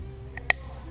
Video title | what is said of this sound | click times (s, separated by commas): Rugged Mustang 22 - Full Breakdown and Review | pushing against the baffle stack, you can rotate your tube until you hear a click. | 0.5 s